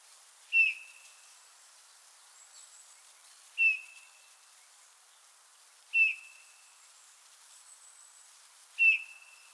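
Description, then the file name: Eurasian bullfinch: four soft, level whistled notes spaced two to three seconds apart, with faint high notes in the background. "Pyrrhula pyrrhula"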